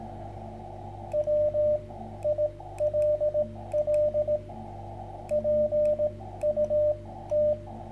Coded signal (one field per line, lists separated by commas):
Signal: Morse code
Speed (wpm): 17 wpm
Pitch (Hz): 590 Hz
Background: radio noise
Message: WILL PUT